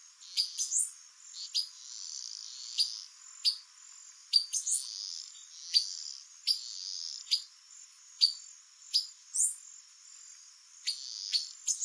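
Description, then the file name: Silver-beaked tanager calling with many high, sharp, down-sweeping chips, some doubled, over a constant faint hiss. "Canto do pipira vermelha"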